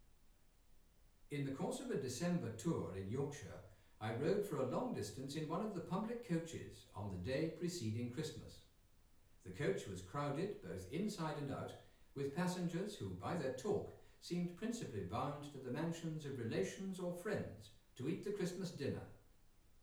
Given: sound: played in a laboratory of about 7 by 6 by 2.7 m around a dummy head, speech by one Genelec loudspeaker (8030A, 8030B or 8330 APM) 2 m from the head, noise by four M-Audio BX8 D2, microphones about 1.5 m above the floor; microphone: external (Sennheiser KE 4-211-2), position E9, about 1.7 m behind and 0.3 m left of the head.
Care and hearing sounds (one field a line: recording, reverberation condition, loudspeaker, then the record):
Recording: male speech in English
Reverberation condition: medium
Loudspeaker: 30 degrees to the right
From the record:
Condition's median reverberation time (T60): about 510 ms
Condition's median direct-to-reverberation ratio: about -0.5 dB